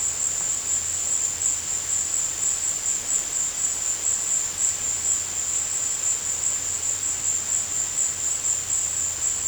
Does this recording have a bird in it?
no